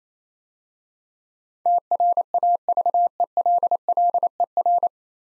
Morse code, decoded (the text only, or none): TRAVELLER